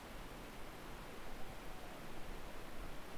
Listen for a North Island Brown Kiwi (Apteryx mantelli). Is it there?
no